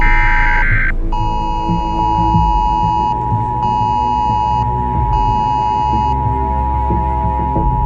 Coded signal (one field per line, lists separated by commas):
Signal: Emergency Alert System (SAME) tones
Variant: 853 and 960 Hz attention tone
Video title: Redoing: zombie EAS scenario